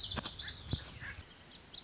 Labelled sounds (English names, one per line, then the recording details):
Lazuli Bunting
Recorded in Sonoma County, California